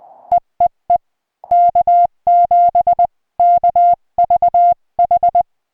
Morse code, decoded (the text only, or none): EEE K7KVH